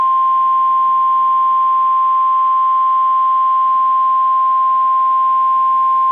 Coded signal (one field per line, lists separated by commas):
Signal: Emergency Alert System (SAME) tones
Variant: 1050 Hz attention tone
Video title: 3-1-19 Winter Storm Warnings (EAS #300 - #301)